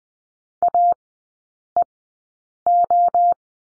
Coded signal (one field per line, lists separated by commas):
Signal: Morse code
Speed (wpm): 20 wpm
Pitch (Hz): 700 Hz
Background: none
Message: AEO